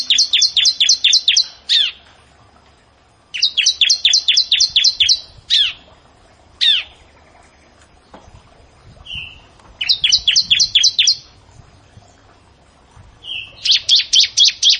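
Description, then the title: Bar-winged prinia singing bursts of rapid, high, evenly spaced chips, each burst several notes long, separated by pauses with a few single downslurred notes between. "Ciblek Sawah"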